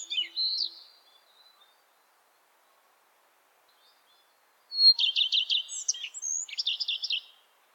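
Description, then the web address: Bird song: a short, high twittering phrase, then a pause of about four seconds, then a longer run of rapid, high chirps and trills. "bird voice"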